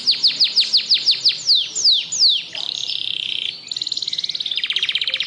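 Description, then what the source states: Canary song: a run of sharp descending whistles slowing into longer slurs, then a dry rattling trill and a higher rapid roll. Canary singing continuously in the song style called ngebren.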